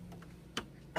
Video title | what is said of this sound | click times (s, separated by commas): Judy Demo 7 | Make sure the hoop clicks into place. | 0.6 s